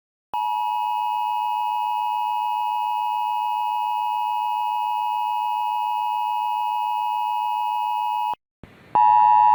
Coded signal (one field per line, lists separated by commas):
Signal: Emergency Alert System (SAME) tones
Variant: 853 and 960 Hz attention tone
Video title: EAS Scenario - Exploding TVs (FLASHING LIGHTS)